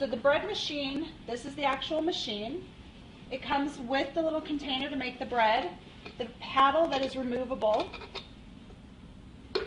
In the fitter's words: just pops right in there, and then a hook to remove the paddle once the bread's done.